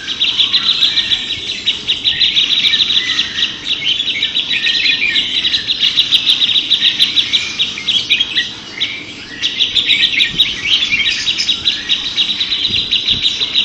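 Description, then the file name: Grey-cheeked Bulbul: continuous rapid high chatter from several songbirds, long trilling runs with a short lull late on before resuming. Three birds in a simulated songbird contest. "audio simulasi lomba cucak jenggot trio omkicau"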